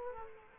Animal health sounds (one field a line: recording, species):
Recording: mosquito wingbeat signal from an infrared sensor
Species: Aedes aegypti